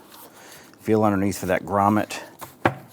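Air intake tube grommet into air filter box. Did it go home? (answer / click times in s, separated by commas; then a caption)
yes / 2.7 s. While working on a 2011-2021 Jeep Grand Cherokee 3.6L V6, an air intake tube is fitted onto the air filter box and its rubber grommet is felt for from underneath. Someone talks, then a sharp click at 2.7 s marks the grommet popping into place, seated.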